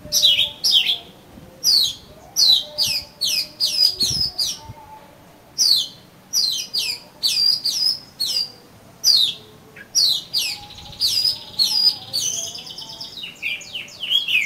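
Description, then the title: Oriental magpie-robin in steady song, repeating quick downslurred whistled notes in short groups almost without pause, ending in a rapid varied flourish. "Kacer Kacer"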